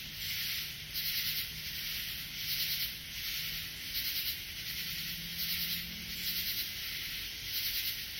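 Katydid call: rhythmic, scratchy high bursts of rapid pulses, one about every second and a half, with faint low hum beneath.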